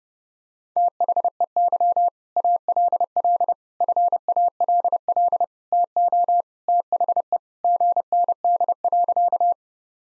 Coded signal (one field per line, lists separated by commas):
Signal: Morse code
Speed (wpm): 30 wpm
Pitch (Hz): 700 Hz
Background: none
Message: THEY ALL FALL TO THE GND.